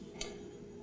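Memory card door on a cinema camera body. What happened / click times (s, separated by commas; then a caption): A small spring-loaded plastic door snaps closed / 0.2 s. After a memory card is slid into the card slot of a Blackmagic Pocket Cinema Camera 4K body, the spring-loaded plastic card door is pushed closed. A single sharp tick sounds at 0.2 s over a steady low background hum. The door snaps shut and the card is seated.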